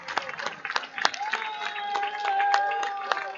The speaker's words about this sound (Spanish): Ahí están convocando a los veteranos. Los veteranos de Malvinas aplaudidos, recibidos por todo el público rosarino.